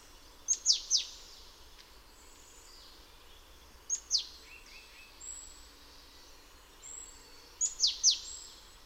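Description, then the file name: Great tit giving three clusters of sharp, very high, downslurred notes, with a few softer lower chirps in between, over light background hiss. "Parus major"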